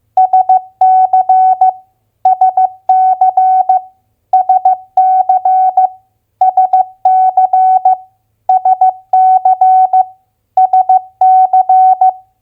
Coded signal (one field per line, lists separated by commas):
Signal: Morse code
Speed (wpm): 15 wpm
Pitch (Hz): 750 Hz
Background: none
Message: SC SC SC SC SC SC